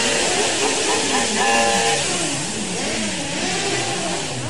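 A motorcycle engine revs up and down in a steady mid-pitched roar, its harmonics rising and falling in waves over a constant loud noise, with no clear speech.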